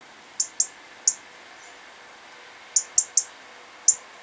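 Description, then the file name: European robin ticking: seven short, piercing high clicks, a trio early, then three fast ones and a final single tick, against quiet background noise. "Erithacus rubecula"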